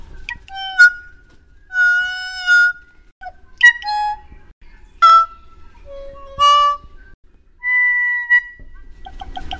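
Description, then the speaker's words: Kokako song: slow, widely spaced organ-like whistled notes, some held flat, others sliding, with rich harmonics and short gaps between phrases. New Zealand bird; two-pathway voice box lets it sing multiple notes at a time, creating a haunting, eerie effect. "And especially then there's a bird called the kokako bird in New Zealand, and it sounds absolutely insane."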